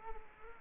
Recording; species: mosquito wingbeat signal from an infrared sensor; Culex quinquefasciatus